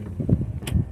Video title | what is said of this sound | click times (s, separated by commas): How To Install Trunk Struts-Chrysler 300 | You hear that snap? | 0.7 s